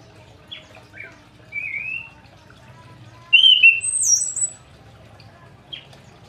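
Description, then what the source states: Orange-headed thrush song in short whistled phrases, including a slurred whistle and a louder warbled burst with a very high note, over a low background hum. Singing bird, described as gacor ngeplong.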